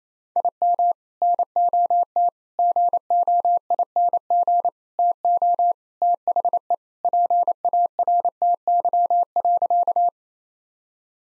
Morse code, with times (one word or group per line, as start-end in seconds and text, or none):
0.4-0.9 IM
1.2-2.3 NOT
2.6-4.7 GOING
5.0-5.7 TO
6.0-6.7 THE
7.0-10.1 PARTY.